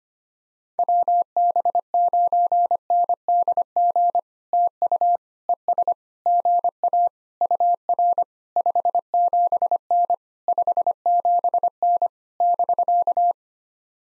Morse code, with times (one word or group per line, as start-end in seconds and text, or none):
0.8-4.2 WB9NDG
4.5-5.2 TU
5.5-5.9 ES
6.3-7.1 GA
7.4-8.2 UR
8.6-10.1 57N
10.5-12.1 57N
12.4-13.3 <BK>